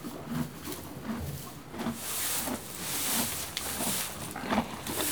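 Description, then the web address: Horse chewing hay, crunching bites with rustling that grows louder in the second half. One horse eating hay and moving. "BBC Sound Effects Library Horses One horse eating hay, and moving"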